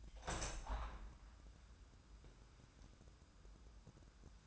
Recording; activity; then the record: daily activity, microphone in the room; open window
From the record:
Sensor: 2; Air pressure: 997.8 hPa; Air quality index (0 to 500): 126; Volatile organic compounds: 3 ppm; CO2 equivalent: 1417 ppm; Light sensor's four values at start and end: 11/32/13/12 and 11/32/13/12